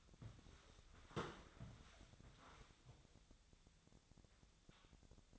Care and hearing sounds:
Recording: daily activity, microphone in the room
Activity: walk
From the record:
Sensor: 3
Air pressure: 1000.5 hPa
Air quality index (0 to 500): 166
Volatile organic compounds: 3 ppm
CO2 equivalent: 1447 ppm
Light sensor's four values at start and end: 18/46/18/20 and 17/45/18/20

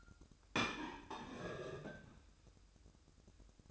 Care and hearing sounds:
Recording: daily activity, microphone in the room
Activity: place plate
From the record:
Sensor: 2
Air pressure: 1007.3 hPa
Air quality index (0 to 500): 40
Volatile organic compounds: 1 ppm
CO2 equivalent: 541 ppm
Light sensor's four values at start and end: 6/15/6/6 and 6/15/6/6

